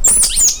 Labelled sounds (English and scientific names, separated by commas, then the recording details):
Stitchbird (Notiomystis cincta) song
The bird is a male
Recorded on Tiritiri Matangi Island, New Zealand, in 2005
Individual 1, of nest box 1